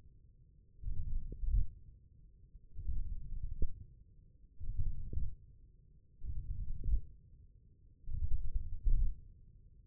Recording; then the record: forearm muscle sounds (acoustic myography)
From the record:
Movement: radial deviation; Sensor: system 1, eight BSWA MPA416 microphones around the upper forearm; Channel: 1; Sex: male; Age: 20 years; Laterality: left